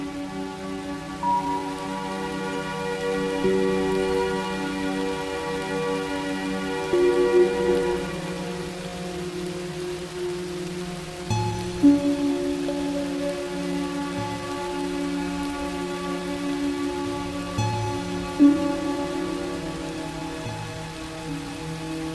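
Soft, sustained music tones hold steady with a gentle rain-like hiss underneath. Chords shift slowly, with new notes entering around 3, 7, 11 and 18 seconds. The overall level stays even, with a few light swells.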